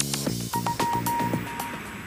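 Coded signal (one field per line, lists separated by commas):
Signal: none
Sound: music jingle beeps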